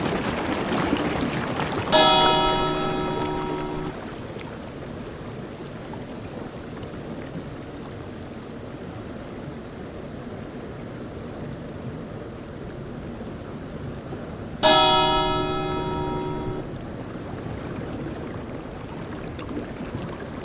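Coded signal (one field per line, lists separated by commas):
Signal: bell signal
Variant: lighthouse fog bell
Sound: two single ringing bell strokes, each fading slowly, with long pauses between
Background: surf or water noise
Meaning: Fog signal identifying Newport Harbor Lighthouse: one bell stroke every 15 seconds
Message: 1 stroke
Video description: A bell was used as the fog signal. The bell rang once followed by 15 seconds of silence.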